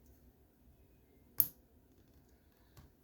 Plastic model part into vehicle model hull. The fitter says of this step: Okay, let's bring it in. Oh, I just heard it click.